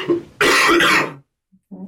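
An adult man has a coughing fit just as a police interview begins. He is recovering from an illness of almost two weeks and has a lingering cough.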